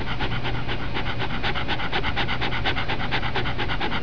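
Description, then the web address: Dog panting, rapid steady breaths throughout, with a low hum underneath. "heartland meadows. dogs"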